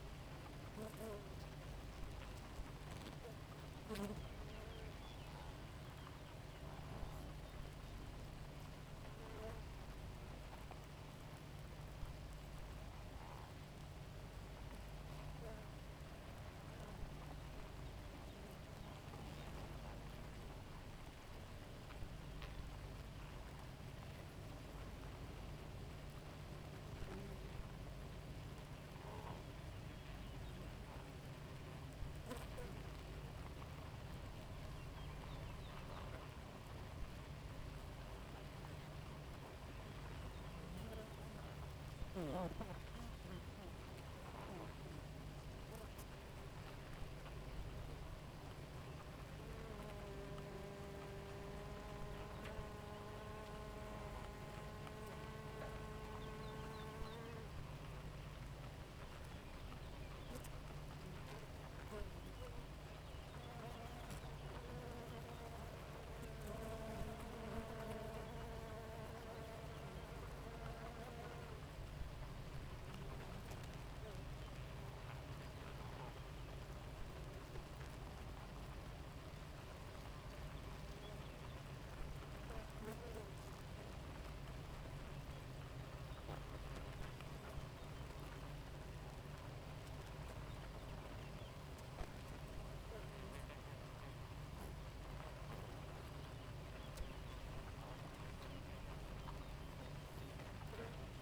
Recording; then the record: honeybee colony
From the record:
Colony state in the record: active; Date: 28 July 2017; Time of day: 4:04